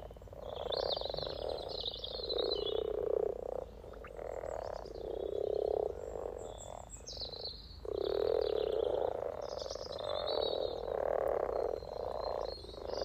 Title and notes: Relaxation Frog Chorus Capturing Voices 2023 Spring first lunch outside. Frog chorus captured on 17th March 2023, Freshfield Formby Merseyside, UK Our first lunch outside on sunny St Patrick’s day 17 March 2023